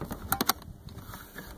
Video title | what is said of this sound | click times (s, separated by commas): 1 Month Update - Cordless Kobalt 40 Max Lawn Mower | push them down locks in place | 0.3 s, 0.5 s